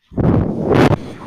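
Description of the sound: A low, breathy rush of air rises and stops, the airflow sound of a home mechanical ventilator delivering a breath.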